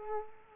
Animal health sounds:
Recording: mosquito wingbeat signal from an infrared sensor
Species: Culex quinquefasciatus

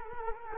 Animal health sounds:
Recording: mosquito wingbeat signal from an infrared sensor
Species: Culex quinquefasciatus

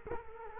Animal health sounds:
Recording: mosquito wingbeat signal from an infrared sensor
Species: Culex quinquefasciatus

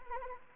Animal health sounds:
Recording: mosquito wingbeat signal from an infrared sensor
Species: Anopheles arabiensis

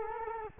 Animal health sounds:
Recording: mosquito wingbeat signal from an infrared sensor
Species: Culex quinquefasciatus

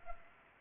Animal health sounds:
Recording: mosquito wingbeat signal from an infrared sensor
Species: Culex pipiens

